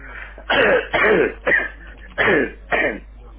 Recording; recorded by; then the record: voluntary cough; telephone call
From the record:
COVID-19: positive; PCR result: checked with the laboratory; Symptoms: yes